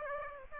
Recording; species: mosquito wingbeat signal from an infrared sensor; Aedes aegypti